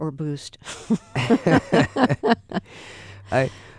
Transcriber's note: soundbite of laughter